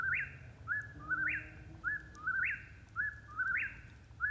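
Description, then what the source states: Eastern Whip-poor-will singing its rhythmic whistled phrase again and again, each with a sharp upward sweep. Repetitive song at night around 8:20 pm beside a firepit; sometimes speeds up or slows down, continues all night.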